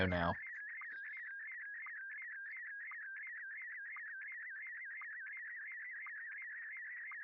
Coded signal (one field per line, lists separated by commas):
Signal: SSTV (slow-scan television)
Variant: Scottie DX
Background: speech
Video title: SSTV on Ham Radio ( watch me figure it out)